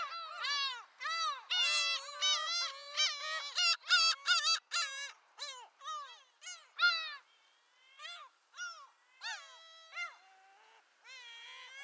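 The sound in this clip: Bird calls: a series of harsh, nasal honking notes rich in overtones in irregular bursts, quieter toward the end.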